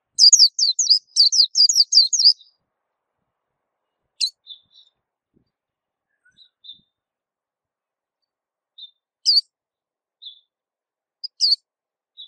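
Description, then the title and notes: White-eye song opens with a quick burst of high, descending twittered notes, then gives way to sparse single sharp chips and soft short calls. Local name pleci; described as a long, melodious song. "Kicau Burung Pleci ampuh. suara burung pleci merdu panjan"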